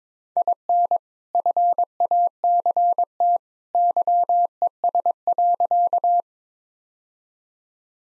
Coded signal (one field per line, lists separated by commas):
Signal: Morse code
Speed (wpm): 21 wpm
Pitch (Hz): 700 Hz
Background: none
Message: IN FACT YES.